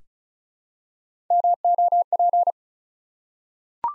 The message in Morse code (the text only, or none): MOP